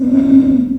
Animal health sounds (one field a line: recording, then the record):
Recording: squeal of a Yucatan mini pig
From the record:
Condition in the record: after surgery on the right vocal fold (resection and tissue-engineered implant)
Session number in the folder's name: 3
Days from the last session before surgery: 21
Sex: female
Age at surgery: 19 weeks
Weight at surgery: 25 kg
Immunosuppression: prednisolone